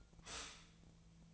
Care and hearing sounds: daily activity, microphone in the room; stop toaster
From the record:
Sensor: 1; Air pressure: 1009.3 hPa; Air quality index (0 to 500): 196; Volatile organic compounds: 20 ppm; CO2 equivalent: 2676 ppm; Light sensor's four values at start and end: 27/70/29/34 and 27/70/29/34

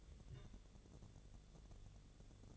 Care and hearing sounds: daily activity, microphone in the room; take from stove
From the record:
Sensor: 4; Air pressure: 1000.8 hPa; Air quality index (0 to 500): 127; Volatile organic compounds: 1 ppm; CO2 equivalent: 955 ppm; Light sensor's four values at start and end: 37/90/38/41 and 37/91/38/41

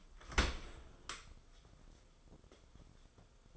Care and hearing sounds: daily activity, microphone in the room; open dishwasher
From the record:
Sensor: 5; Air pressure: 994.5 hPa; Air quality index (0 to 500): 193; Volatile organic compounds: 1000 ppm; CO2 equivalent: 5701 ppm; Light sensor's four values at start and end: 51/153/60/67 and 52/156/61/68

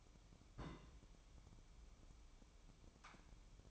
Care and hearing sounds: daily activity, microphone in the room; place on stove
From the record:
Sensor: 1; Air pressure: 1008.0 hPa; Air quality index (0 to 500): 132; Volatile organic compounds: 2 ppm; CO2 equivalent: 1108 ppm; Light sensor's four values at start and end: 8/19/8/8 and 8/19/7/8

